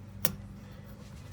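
A blue plastic retaining clip is pushed open end first onto the outlet port of the fuel pump module on a 2001–2004 Dodge Dakota. A single sharp click is heard at 0.3 s over a low steady hum. The clip seats and no longer comes off.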